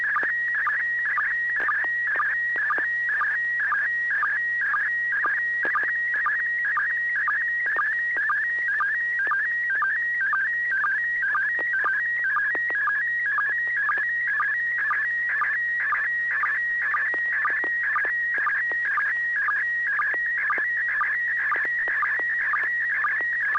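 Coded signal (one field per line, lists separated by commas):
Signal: SSTV (slow-scan television)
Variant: PD120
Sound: warbling tone shifting between mid pitches, with a short low blip twice per second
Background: low steady hum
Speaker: Bob are you ready to send a picture oh sure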